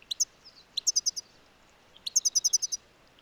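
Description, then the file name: European goldfinch calls, three bursts of bright tinkling chips, a brief pair first, then two rapid series of several notes, over faint background hiss. "Carduelis carduelis"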